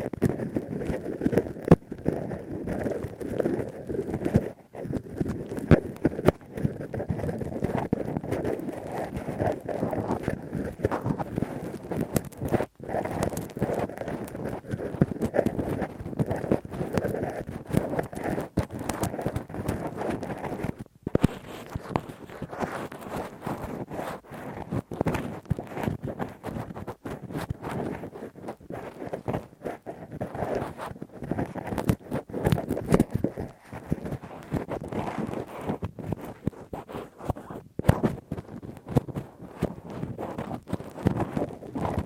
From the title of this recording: Intense Rough Deep Ear Cleaning w Q-tip, Ear Pick